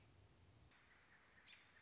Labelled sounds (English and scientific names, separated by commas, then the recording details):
American Robin (Turdus migratorius)
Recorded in Sonoma County, California